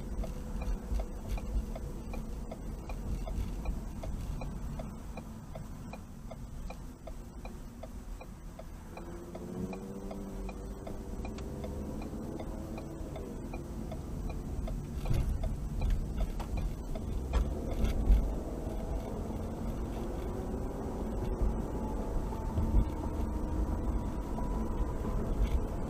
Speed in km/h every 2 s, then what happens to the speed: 35, 34, 23, 8, 6, 11, 19, 26, 29, 40, 52, 63, 69.
0-6 brakes to 8. 9-26 speeds up to 69.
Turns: 11-16.